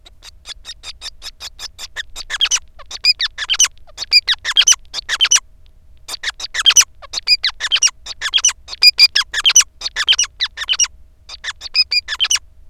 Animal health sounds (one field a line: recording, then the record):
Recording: song of a male Bengalese finch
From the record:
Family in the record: son of father 5